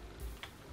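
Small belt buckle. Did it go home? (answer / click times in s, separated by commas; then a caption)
no / none. Someone fastens the clip buckle of a black elastic belt, pushing the clasp toward its mating half. A soft low rumble and light rustling are heard, with one brief sharp tick around 0.4 s. The clip ends just before the buckle goes home, and nothing has seated or clicked yet.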